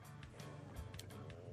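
Low, rumbling stomach growling from an adult's abdomen, heard even though food had been eaten that day.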